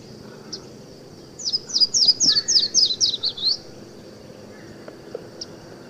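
Yellow-throated warbler song of roughly nine bright, slurred whistles delivered rapidly and descending slightly, with single soft chip notes before and after and a quiet background.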